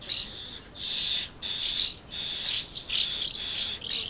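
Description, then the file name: Swallows giving a run of high, scratchy twittering calls in bursts of about half a second, with short gaps between the bursts. Swallows recorded at Amblagnieu on 2 July 2017 with an MZ-N710 recorder. "Hirondelles Amblagnieu 2 07 17"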